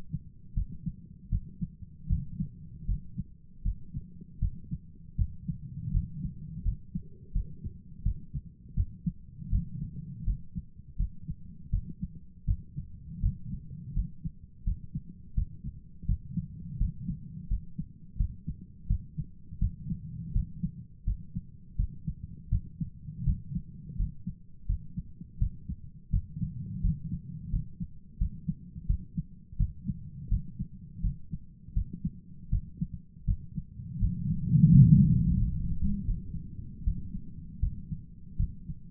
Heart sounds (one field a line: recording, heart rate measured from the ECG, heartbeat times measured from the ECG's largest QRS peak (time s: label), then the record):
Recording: heart sounds by stethoscope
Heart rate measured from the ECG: 82 bpm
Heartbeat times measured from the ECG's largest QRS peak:
0.53 s: heartbeat
1.29 s: heartbeat
2.07 s: heartbeat
2.85 s: heartbeat
3.62 s: heartbeat
4.39 s: heartbeat
5.15 s: heartbeat
5.91 s: heartbeat
6.62 s: heartbeat
7.32 s: heartbeat
8.02 s: heartbeat
8.74 s: heartbeat
9.49 s: heartbeat
10.24 s: heartbeat
10.96 s: heartbeat
11.70 s: heartbeat
12.45 s: heartbeat
13.20 s: heartbeat
13.93 s: heartbeat
14.63 s: heartbeat
15.34 s: heartbeat
16.05 s: heartbeat
16.77 s: heartbeat
17.47 s: heartbeat
18.16 s: heartbeat
18.86 s: heartbeat
19.58 s: heartbeat
20.32 s: heartbeat
21.04 s: heartbeat
21.75 s: heartbeat
22.49 s: heartbeat
23.23 s: heartbeat
23.96 s: heartbeat
24.66 s: heartbeat
25.38 s: heartbeat
26.10 s: heartbeat
26.80 s: heartbeat
27.50 s: heartbeat
28.17 s: heartbeat
28.86 s: heartbeat
29.56 s: heartbeat
30.28 s: heartbeat
31.00 s: heartbeat
31.73 s: heartbeat
32.49 s: heartbeat
33.24 s: heartbeat
33.98 s: heartbeat
34.70 s: heartbeat
35.37 s: heartbeat
36.04 s: heartbeat
36.83 s: heartbeat
37.60 s: heartbeat
38.37 s: heartbeat
From the record:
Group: healthy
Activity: rest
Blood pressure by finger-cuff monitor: 172/90 mmHg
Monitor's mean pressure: 109 mmHg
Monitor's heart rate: 82 bpm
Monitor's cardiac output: 8.5 L/min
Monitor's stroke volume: 102 mL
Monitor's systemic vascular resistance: 960 dyn s/cm5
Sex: male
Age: 57 years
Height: 188 cm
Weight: 106 kg